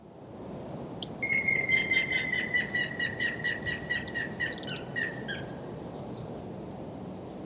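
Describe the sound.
Grey-headed woodpecker song: a rapid series of many whistled notes, falling slightly in pitch and lasting about four seconds, over steady low background noise.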